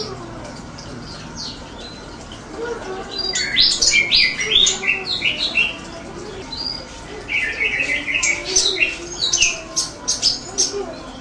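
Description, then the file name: Blue-crowned hanging parrot calls in two bursts of high, shrill twittering chirps, with quieter stretches before and between them. "burung serindit"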